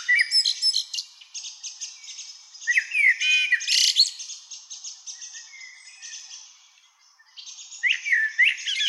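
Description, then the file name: Common blackbird song: low warbled fluting phrases followed by squeaky high twittering flourishes, repeated in several bursts with a brief quieter gap near the end. "Turdus merula"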